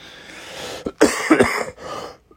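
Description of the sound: Adult man with COVID, vaccinated and boosted. Productive cough with less phlegm than before; the coughing has left his throat sore and his voice hoarse.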